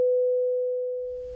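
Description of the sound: Steady mid-pitched 500 Hz pure tone for a hearing check; a faint very high tone joins partway through.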